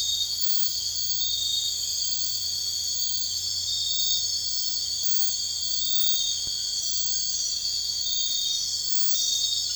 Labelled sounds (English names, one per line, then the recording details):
none
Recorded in dense forest near Puerto Asís, Putumayo, Colombia, on 21 March 2025 at 03:30
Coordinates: 0.484, -76.317
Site G064